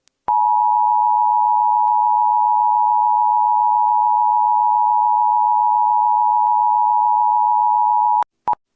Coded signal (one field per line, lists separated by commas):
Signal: Emergency Alert System (SAME) tones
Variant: 853 and 960 Hz attention tone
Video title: EAS Catch #2: (EAS) National Periodic Test (I DO NOT LIVE IN GUAM BTW.) (Read description)